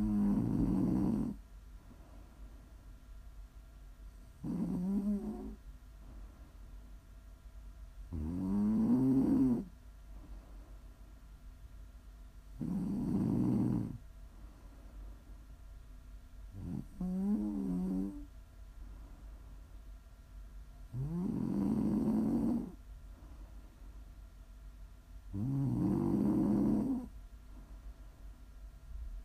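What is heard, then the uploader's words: Snoring comes in slow, regular bursts about every four seconds, each a low, rumbling rasp lasting a second or so, some with a rattling flutter. Between snores there is near silence with only a faint steady hum underneath. ASMR snoring.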